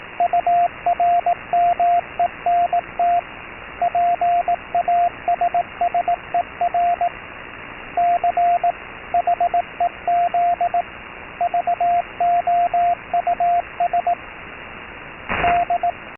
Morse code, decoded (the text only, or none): URMENT PASSER CHEZ VOUS D